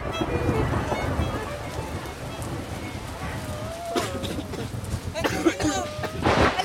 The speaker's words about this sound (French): Pour corser le tout, sur le chemin du retour, un orage les avait trempés jusqu'aux os.